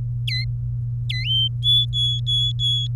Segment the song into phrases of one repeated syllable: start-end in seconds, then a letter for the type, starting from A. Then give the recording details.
0.28-0.44 A, 1.09-1.26 A, 1.26-2.87 B. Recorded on 23 April 2018 at 16:21. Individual llb3